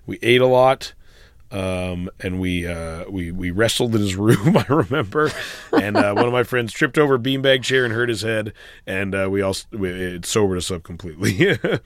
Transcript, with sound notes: We ate a lot, and we wrestled in his room, I remember. (Soundbite of laughter) And one of my friends tripped over a beanbag chair and hurt his head. And we all - it sobered us up completely.